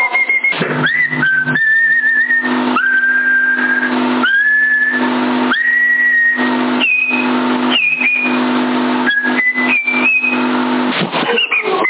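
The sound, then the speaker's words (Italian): Someone whistles a string of sustained, steady notes over a CB radio channel, some stepping upward in pitch, with short gaps between them, all muffled and thin beneath a constant radio hiss and hum. “Con quello che sta fischiando.”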